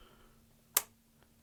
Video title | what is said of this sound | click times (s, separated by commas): Save your precious money, watch this before you buy another phone mount! | there we go nice click into place that | 0.8 s